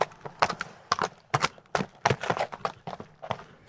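Horse hooves clip-clop in a steady, uneven rhythm, a dozen or so sharp, hollow knocks over a few seconds with no voices present.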